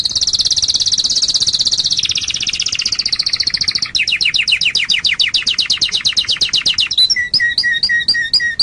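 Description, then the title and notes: Canary song, loud and continuous: a dense buzzy trill gliding downward, breaking into rapid repeated notes and ending in crisp paired chirps. Masteran canary song, a training recording played to caged birds to make them sing more. "PANCINGAN SUARA MASTERAN KENARI BIKIN BURUNG MAKIN MENGGILA. masteran kicau kenari"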